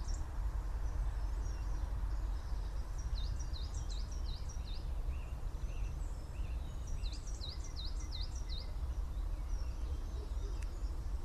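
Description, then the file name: Coal tit singing twice a rapid series of thin, high see-saw notes, about six per bout, with faint softer calls between and constant low background rumble. "chapim carvoeiro Periparus ater"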